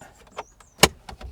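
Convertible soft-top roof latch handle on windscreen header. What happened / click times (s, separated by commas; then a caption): The roof latch snapped open / 0.8 s. A hand opens the soft-top roof latch handle on the windscreen header of a Mazda MX-5 30th Anniversary convertible, releasing the soft top. After a few faint handling clicks, the latch pops open with a loud, sharp snap at 0.8 s, followed by softer knocks as the roof is freed.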